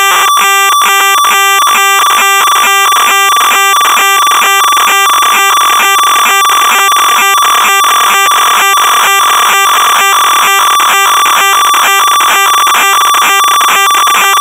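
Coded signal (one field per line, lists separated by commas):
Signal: computer data on cassette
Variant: Amstrad CPC 464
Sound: continuous harsh buzzing, rasping data screech with rapid rhythmic chopping, no pauses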